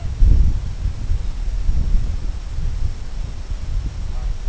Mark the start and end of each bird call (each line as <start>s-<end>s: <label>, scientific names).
4.04s-4.34s: Branta bernicla